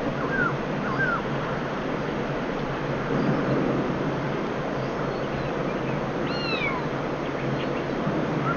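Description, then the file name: Black-throated laughingthrush calling with a few slurred whistles, then a loud descending slurred note later on, against constant hiss. Call; subspecies chinensis; recorded at Wutong Shan, Shenzhen, on 7 January 2012. "Black Throated Laughingthrush Ssp Chinensis Call 120107 Shenzhen Wu Tong Shan"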